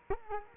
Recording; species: mosquito wingbeat signal from an infrared sensor; Culex quinquefasciatus